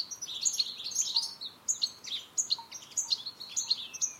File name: Carduelis carduelis